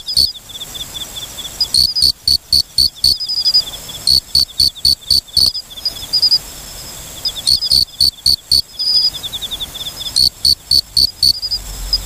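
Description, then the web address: Mori-okame cricket chirping: bursts of several sharp, loud clicking pulses every few seconds, over a softer, steady high-pitched trill. "sikioto insect moriokamekourogi"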